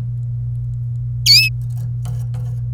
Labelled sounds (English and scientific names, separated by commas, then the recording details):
Domestic Canary (Serinus canaria) song
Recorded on 26 April 2018 at 17:49
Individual llb3